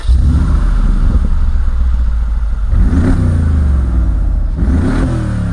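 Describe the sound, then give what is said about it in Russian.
A German car's engine, just cranked by the starter, rumbles steadily and loudly, then revs twice as the gas pedal is floored, its pitch climbing and falling in two sweeping surges before settling back into a deep idle. “Это зарычал движок немецкого монстра. Но тут же попытался заглохнуть.”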